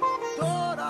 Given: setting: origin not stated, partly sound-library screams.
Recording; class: one-second piece from a danger detection set; normal situation